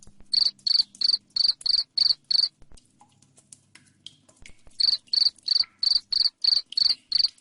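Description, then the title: Cricket chirping loudly in a quick regular rhythm, pausing for about two seconds midway, then continuing. Loud cricket chirping ('jangkrik ngerik keras'), played to make lovebirds keep calling 'ngekek'. "Suara JANGKRIK NGERIK Keras Bikin LOVEBIRD Jadi NGEKEK Terus Vubey"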